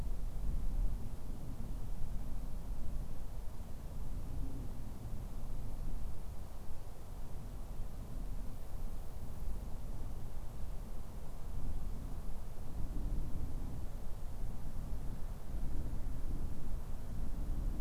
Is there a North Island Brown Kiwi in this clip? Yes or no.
no